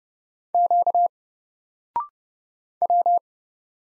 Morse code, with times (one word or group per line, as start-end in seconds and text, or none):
0.5-1.1 Q
2.8-3.2 W